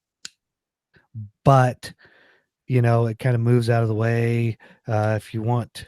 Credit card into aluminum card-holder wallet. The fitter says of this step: know take the card slide it in it'll make this little audible click I don't know if you'll be able to hear it but